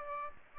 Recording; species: mosquito wingbeat signal from an infrared sensor; Aedes aegypti